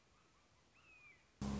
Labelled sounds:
Red-shouldered Hawk
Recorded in Sonoma County, California

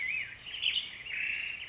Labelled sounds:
Black-headed Grosbeak
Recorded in Sonoma County, California

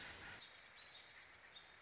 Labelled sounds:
American Robin
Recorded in Sonoma County, California

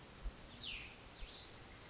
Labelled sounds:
Cassin's Vireo
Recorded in Sonoma County, California

